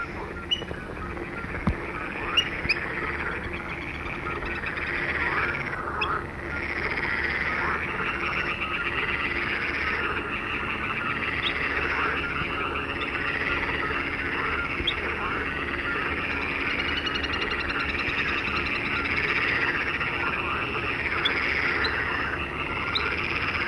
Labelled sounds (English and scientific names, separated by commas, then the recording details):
Little Grebe (Tachybaptus ruficollis) call
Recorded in the wild
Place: Wieseck, DE
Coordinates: 50.6328, 8.72694
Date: 1965-06-21
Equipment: Uher Report 4000, AKG D190
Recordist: Krey, Winfried